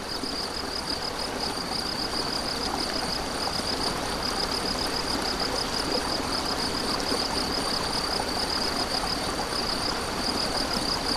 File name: MZ-N 710 Ruisseau et grillons 7 05 14